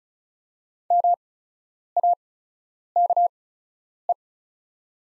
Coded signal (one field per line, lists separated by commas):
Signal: Morse code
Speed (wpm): 34 wpm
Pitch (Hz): 700 Hz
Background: none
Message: MAKE